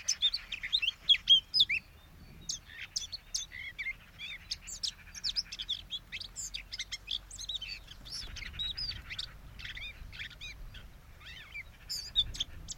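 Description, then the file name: Eurasian blackcap pouring out a busy, scratchy warble of high chirps, louder at first and then softer and more broken toward the end. "Sylvia atricapilla"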